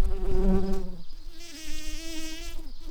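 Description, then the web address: Tree bumblebee buzzing, a low droning hum that shifts in pitch after the first second. Workers. "Hypnorum workers"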